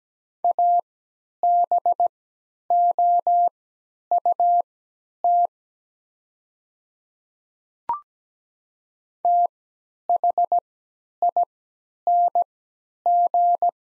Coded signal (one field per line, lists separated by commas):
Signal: Morse code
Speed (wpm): 17 wpm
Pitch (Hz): 700 Hz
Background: none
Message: ABOUT THING